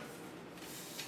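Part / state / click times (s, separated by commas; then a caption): snap-lock seam of a sheet-metal duct pipe / not seated / none. The longitudinal snap-lock seam of a sheet-metal dust collection duct pipe is being worked closed along its length by hand, giving a steady, broadband handling noise with a brief slightly louder burst near 1.0 s. Nothing has snapped or seated yet; the snap at the far end, which comes as the pressure in the channel stabilizes, has not happened.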